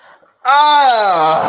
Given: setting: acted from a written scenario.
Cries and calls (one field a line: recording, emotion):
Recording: vocal sound without words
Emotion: ecstasy